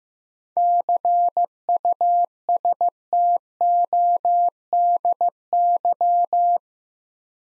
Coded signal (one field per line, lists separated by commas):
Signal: Morse code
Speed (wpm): 15 wpm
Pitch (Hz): 700 Hz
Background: none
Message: CUSTODY